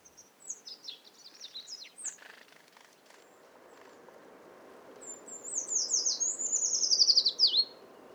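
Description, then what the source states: Eurasian Treecreeper song: thin, high descending phrases of quick notes, the last ending in a brief downward flourish. Three phrases of song; Montagne du Puy, Drôme, 1500 m, mixed conifer and oak forest, morning of 23 February 2020; Nagra Seven and Telinga Pro7 stereo.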